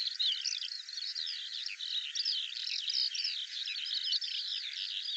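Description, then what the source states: Bird song, continuous high twittering with quick sweeping notes crowded closely together. Dated 2025; audio cleaned and normalized.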